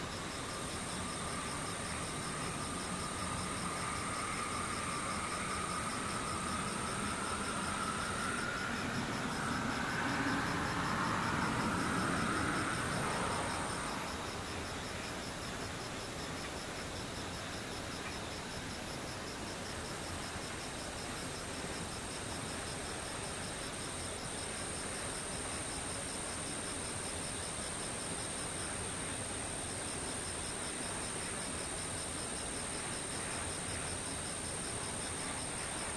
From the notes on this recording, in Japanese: ムシ